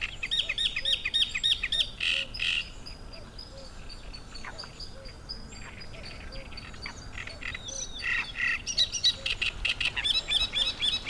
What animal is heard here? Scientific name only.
Acrocephalus arundinaceus